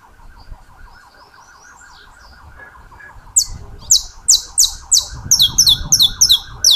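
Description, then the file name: Saffron finch chirps begin midway, sharp, high and downslurred, soon quicker and doubled, over a steady pulsing electronic-sounding tone. "Canto-do-Canário-da-Terra"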